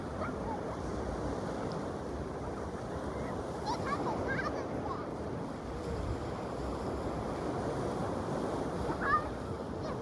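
Ocean waves wash in a steady, dense roar that stays mostly low and even across the whole stretch, with no single crash standing out. Faint chirps of birds flick in the upper range now and then, most clearly around four and nine seconds.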